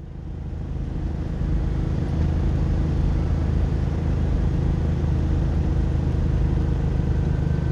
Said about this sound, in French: Ça monte. Hein. Elle va pas vite, cette voiture. Elle va même pas d'ici. À 60, elle redescend à 50, à 40. Tu perds.